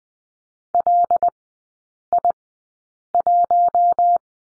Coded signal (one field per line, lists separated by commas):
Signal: Morse code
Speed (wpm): 20 wpm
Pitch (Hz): 700 Hz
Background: none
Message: LI1